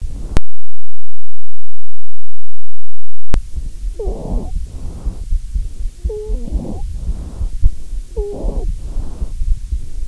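After a brief dropout, three breaths heard over an adult chest through a stethoscope, each with a short high musical whistle: wheezing from narrowed airways.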